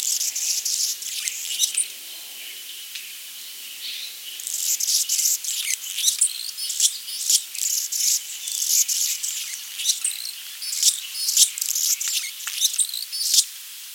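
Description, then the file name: Anna's hummingbird with dense, scratchy, very high buzzing phrases, a short pause, then rapid bursts coming almost continuously. "Calypte anna - Anna's Hummingbird"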